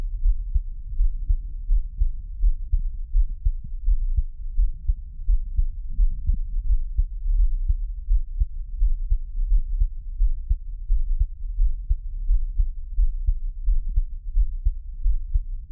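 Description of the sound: Deep, muffled thumps repeat steadily at about 86 a minute, with only a low hum beneath and no talking. It is an adult's own heartbeat, heard up close as Taiwanese ASMR.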